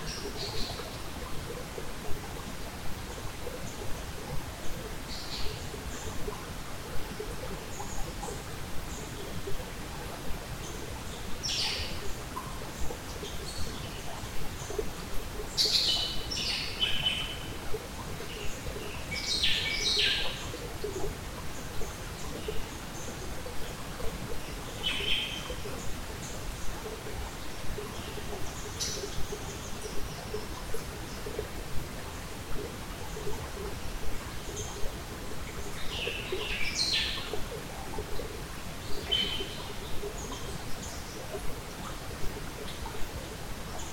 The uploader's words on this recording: Nature Sounds Tasmania - Southern Forest Bird Life. The quiet and relaxing sounds of Creekton Rivulet and native southern lutruwita/Tasmania birds.